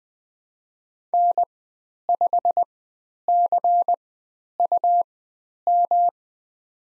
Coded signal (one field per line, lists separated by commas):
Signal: Morse code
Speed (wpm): 20 wpm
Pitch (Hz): 700 Hz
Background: none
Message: N5CUM